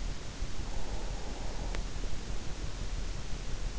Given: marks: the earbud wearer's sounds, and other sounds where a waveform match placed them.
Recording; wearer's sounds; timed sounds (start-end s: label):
sounds in sleep by an in-ear microphone; breath
0.41-3.21 s: breath